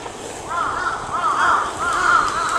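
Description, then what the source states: Crow cawing, a run of repeated arched hoarse calls. Recorded 14 May 2022.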